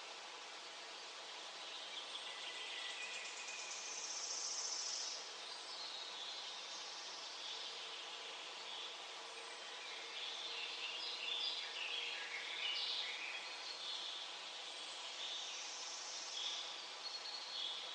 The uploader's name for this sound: Singing of birds in nature